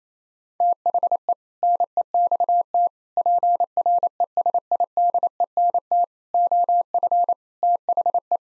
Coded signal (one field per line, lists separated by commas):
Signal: Morse code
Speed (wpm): 28 wpm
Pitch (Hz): 700 Hz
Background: none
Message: THE NEXT PRESIDENT OF THE